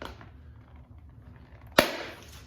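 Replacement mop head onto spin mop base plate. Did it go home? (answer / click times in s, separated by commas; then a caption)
yes / 1.8 s. A replacement microfiber mop head is pressed by hand onto the plastic base plate of a Libman Tornado Spin Mop System after being lined up. A few faint taps and handling sounds lead up to one loud, sharp snap at 1.8 s as the head seats into place.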